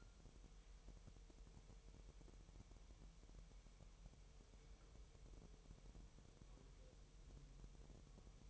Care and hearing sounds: daily activity, microphone in the room; wipe stove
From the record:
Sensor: 1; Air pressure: 1000.9 hPa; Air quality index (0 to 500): 249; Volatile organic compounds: 148 ppm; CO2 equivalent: 4015 ppm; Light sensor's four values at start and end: 12/28/12/12 and 12/28/12/13

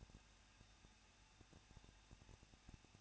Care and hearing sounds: daily activity, microphone in the room; no activity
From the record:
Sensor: 2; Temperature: 21.0 degrees Celsius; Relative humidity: 37.3%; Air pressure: 1006.2 hPa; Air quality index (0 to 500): 222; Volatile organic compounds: 24 ppm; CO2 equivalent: 2806 ppm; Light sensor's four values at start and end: 2/3/2/2 and 2/3/2/2

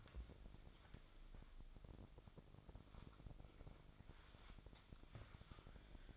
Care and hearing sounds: daily activity, microphone in the room; wipe stove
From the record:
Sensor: 5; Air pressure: 1001.8 hPa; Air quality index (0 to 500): 177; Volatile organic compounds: 11 ppm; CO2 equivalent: 2273 ppm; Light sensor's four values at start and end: 24/81/30/31 and 23/79/30/31

